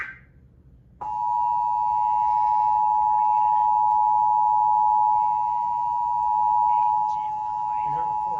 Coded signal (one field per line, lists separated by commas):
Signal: Emergency Alert System (SAME) tones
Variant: 853 and 960 Hz attention tone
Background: speech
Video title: EAS Child Abduction Emergency On TV! Cary NC PD issues Amber Alert on Aug 10, 2022 TWC on Channel 42